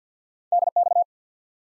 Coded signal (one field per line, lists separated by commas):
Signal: Morse code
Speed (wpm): 48 wpm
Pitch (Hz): 700 Hz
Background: none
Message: DX